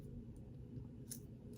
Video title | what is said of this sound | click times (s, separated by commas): # 28 Making Cross Body Straps for Water bottle Bags | and you just kind of hear a pop, | 1.1 s